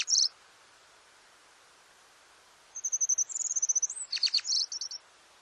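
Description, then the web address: Japanese accentor song: a brief high trill, then a thin, rapid, high-pitched ticking series followed by a few sharp descending notes, in an otherwise quiet background. Recorded at Norikura, Japan, on 28 May 2010. "shiryo koe kayakuguri 100528 norikura hotta"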